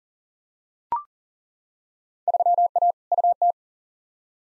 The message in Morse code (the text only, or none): 3A UT